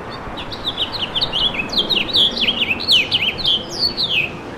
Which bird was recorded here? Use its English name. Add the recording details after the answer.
House Finch. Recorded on Long Island, New York, on 3 June 2012. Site FB. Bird A